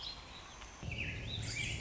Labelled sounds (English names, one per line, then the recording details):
Warbling Vireo
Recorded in Sonoma County, California